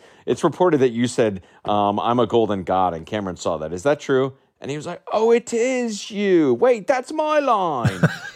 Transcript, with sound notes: It's reported that you said, I'm a golden god, and Cameron saw that. Is that true? And he was like, (imitating English accent) oh, it is you. Wait; that's my line.